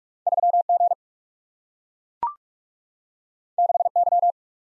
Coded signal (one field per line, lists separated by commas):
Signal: Morse code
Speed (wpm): 44 wpm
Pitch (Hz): 700 Hz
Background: none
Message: 3 G 6 Y